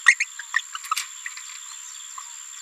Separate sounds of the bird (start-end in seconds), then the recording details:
0.06-0.14, 0.20-0.24, 0.56-0.59, 0.91-0.94. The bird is a female. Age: 27 days. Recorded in a nest box in Venezuela. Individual 17B73B2